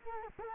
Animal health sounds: mosquito wingbeat signal from an infrared sensor; Culex quinquefasciatus

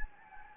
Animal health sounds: mosquito wingbeat signal from an infrared sensor; Anopheles gambiae

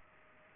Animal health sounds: mosquito wingbeat signal from an infrared sensor; Culex pipiens

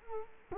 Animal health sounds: mosquito wingbeat signal from an infrared sensor; Culex quinquefasciatus

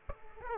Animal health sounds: mosquito wingbeat signal from an infrared sensor; Aedes aegypti

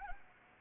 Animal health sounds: mosquito wingbeat signal from an infrared sensor; Anopheles arabiensis

